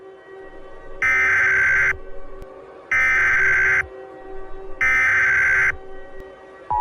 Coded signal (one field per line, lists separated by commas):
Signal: Emergency Alert System (SAME) tones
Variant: header bursts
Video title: KGB REPUBLIC ARCHIVES: The February Coup EAS Alert